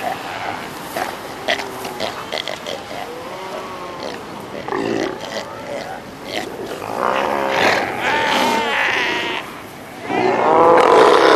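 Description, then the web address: South American sea lions in chorus, with rippling bleats and groans that build to loud overlapping cries after seven seconds. "earth naturelibrary assets s so south american sea lion"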